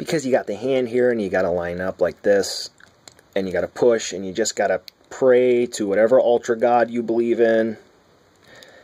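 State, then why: Not seated. Someone talks while lining up a plastic swap hand and pushing it onto the wrist peg of an Ultra-Act Ultraman Zero action figure, and a brief faint sound comes near the end at about 8.6 s. The hand has not seated or clicked on the peg yet.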